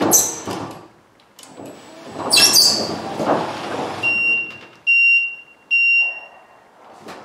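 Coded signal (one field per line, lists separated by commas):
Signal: beep code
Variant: Slim Glide ET30 door opener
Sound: rumbling door motor, then three long high beeps with short gaps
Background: roller door motor noise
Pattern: 3 long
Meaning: Door stopped because the safety reverse force limit was triggered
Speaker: well there we go i sort of thanked it that's the noise it was making before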